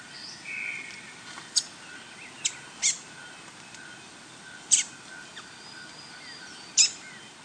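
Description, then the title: Rufous-headed tanager giving sharp, very high ticking call notes, single clicks spaced irregularly over several seconds above a steady faint hiss. Nominate subspecies Hemithraupis ruficapilla ruficapilla. "LuckyPassaro Completos2Sama. Rufous-headed Tanager (Hemithraupis ruficapilla ruficapilla)"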